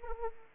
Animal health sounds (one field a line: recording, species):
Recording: mosquito wingbeat signal from an infrared sensor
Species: Anopheles arabiensis